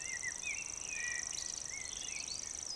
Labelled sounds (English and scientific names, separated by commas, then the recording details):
Eurasian Woodcock (Scolopax rusticola) croak
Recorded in Baden-Württemberg, Germany, on 12 June 2020 at 19:49 UTC
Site 43791, 788 m above sea level